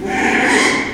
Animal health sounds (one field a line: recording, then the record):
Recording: squeal of a Yucatan mini pig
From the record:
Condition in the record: after surgery on the right vocal fold (resection and tissue-engineered implant)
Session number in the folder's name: 4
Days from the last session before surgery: 42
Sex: male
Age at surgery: 12 weeks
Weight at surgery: 13 kg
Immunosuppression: cyclosporine, prednisolone